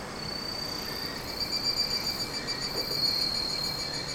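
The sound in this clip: Insect singing a steady, unbroken high whine with a fainter lower tone beneath, running continuously throughout over a soft background hiss.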